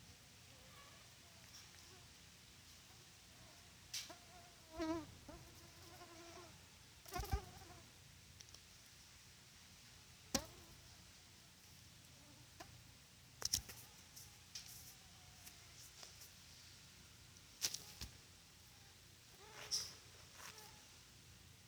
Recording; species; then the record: mosquito flight sound by mobile phone; Culex quinquefasciatus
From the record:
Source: SanMateoVCD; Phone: Sony Xperia